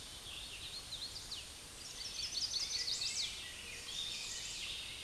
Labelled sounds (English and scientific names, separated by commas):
Chestnut-sided Warbler (Setophaga pensylvanica) song